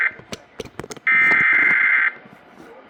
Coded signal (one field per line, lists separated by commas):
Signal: Emergency Alert System (SAME) tones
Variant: header bursts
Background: speech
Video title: Post-Ides of March Alerts - EAS Alerts from 3/15-16/26 (New EAS 980-986)